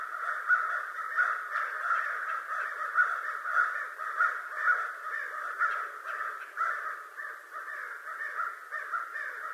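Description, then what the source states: American crow cawing: a dense, continuous run of harsh caws. Recorded 25 November 2011.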